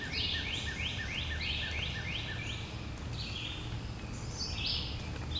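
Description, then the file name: Birds singing: a quick run of about eight bright, rising, buzzy notes, then scattered higher phrases, over a steady low rumble. "Relaxing Sounds Lab - Birds Singing"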